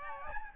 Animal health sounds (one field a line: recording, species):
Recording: mosquito wingbeat signal from an infrared sensor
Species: Aedes albopictus